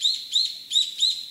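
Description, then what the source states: Brown-eared bulbul giving a run of four short, shrill chirps that sweep upward, loud against a quiet background. Kamishima island, Mie Prefecture, Japan.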